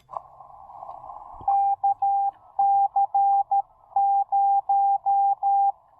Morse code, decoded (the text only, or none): KC0